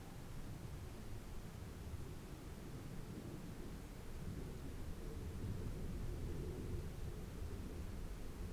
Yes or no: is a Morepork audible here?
no